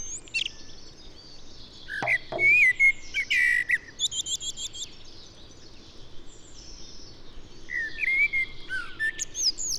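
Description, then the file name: Common blackbird song: a whistled phrase with a chattering high ending, a quiet stretch, then a second shorter fluted phrase near the end. "Turdus merula"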